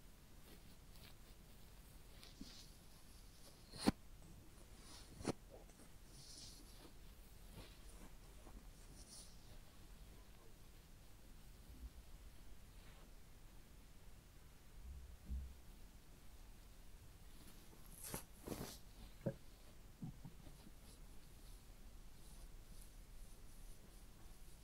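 A real head massage and ear cleaning, mostly quiet with a soft, steady hush and low rumble underneath. Faint rubbing and brushing sounds come and go, broken by a few sharp taps or clicks around four, five and eighteen to nineteen seconds.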